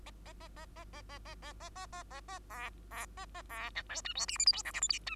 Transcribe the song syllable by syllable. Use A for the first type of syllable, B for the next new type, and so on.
A A A A A A A A A A A A A A B B A A B C D E F G H I J K L M N E